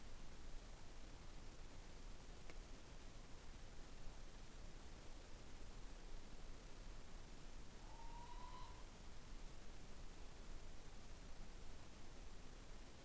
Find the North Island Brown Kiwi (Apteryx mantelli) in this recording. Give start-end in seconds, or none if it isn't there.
none